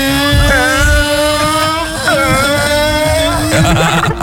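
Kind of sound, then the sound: vehicle, car engine revving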